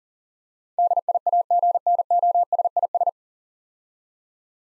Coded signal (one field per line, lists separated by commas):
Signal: Morse code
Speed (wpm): 40 wpm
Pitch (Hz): 700 Hz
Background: none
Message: DIAGNOSIS